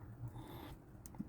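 The plastic scissor hinge mechanism of an Asus X555 laptop key is pressed onto the keyboard base, with low background rumble beforehand. A sharp, short click sounds at 1.1 s as the hinge snaps into place, followed by a fainter tick, and the mechanism is seated.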